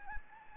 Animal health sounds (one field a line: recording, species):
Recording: mosquito wingbeat signal from an infrared sensor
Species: Anopheles gambiae